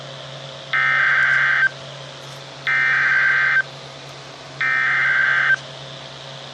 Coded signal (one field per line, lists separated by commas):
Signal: Emergency Alert System (SAME) tones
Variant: header bursts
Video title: DOUBLE HEADER! - 2 River Flood Warnings for RI (EAS #483-#484)